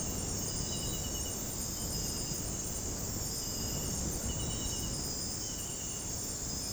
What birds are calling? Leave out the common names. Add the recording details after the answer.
none. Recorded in dense forest near Puerto Asís, Putumayo, Colombia, on 21 February 2024 at 02:30. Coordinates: 0.486, -76.316. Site G6437